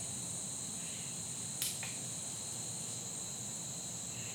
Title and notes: Soundcast: Insects and Acorns. Recorded on a fall day that felt more like late summer, down to the insects droning like the heat